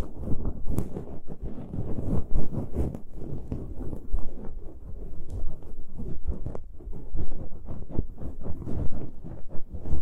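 Ear picking makes a dense, continuous scratching and rustling, mostly dull and low, with rapid irregular crackles throughout. A few sharper, brighter scrapes stand out near the start and around six and a half seconds. Loudness swells and dips unevenly across the clip.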